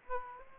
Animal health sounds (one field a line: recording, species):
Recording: mosquito wingbeat signal from an infrared sensor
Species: Aedes aegypti